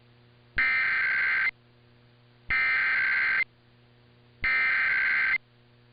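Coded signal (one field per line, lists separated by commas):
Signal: Emergency Alert System (SAME) tones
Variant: header bursts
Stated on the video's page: EAS Required Monthly Test.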